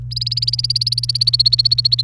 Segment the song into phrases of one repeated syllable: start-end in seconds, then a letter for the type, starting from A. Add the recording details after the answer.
0.11-2.03 A. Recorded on 29 April 2018 at 11:45. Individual llb3